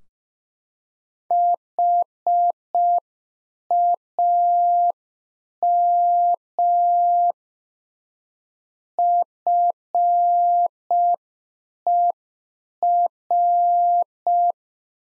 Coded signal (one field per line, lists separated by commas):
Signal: Morse code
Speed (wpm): 5 wpm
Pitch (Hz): 700 Hz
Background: none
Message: HAM FER